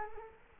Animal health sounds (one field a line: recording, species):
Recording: mosquito wingbeat signal from an infrared sensor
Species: Culex quinquefasciatus